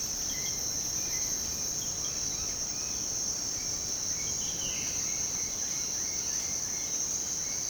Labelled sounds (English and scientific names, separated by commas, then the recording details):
Orange-winged Amazon (Amazona amazonica)
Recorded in secondary vegetation near Puerto Asís, Putumayo, Colombia, on 19 February 2024 at 06:30
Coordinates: 0.489, -76.322
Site G6419